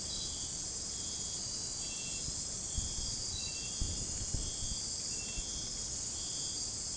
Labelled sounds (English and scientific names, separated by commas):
none